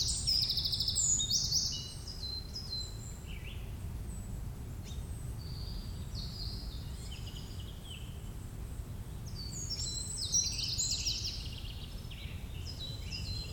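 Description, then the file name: Eurasian wren producing brief high rattling trills at the opening and again later, set against strong low-pitched background noise. "Troglodytes troglodytes"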